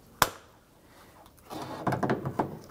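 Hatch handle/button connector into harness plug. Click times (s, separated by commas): 0.2 s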